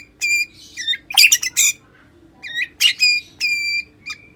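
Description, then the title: White-rumped shama song: loud rich whistles with harmonics, sweeping phrases and sharp buzzy bursts, delivered in quick bouts separated by short pauses, over a faint steady hum. "murai batu"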